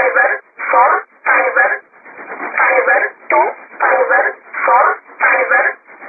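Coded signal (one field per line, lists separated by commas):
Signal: numbers station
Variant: E11 Oblique, English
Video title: 05 12 2017 Numbers station E11 Oblique in English to Eu 0717 on 9130 unknown tx site in USB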